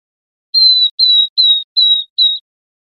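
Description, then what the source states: Northern beardless-tyrannulet giving five evenly spaced, thin, high whistles, each sliding gently downward, in a steady sequence against a silent background. Recorded 8 June 2002.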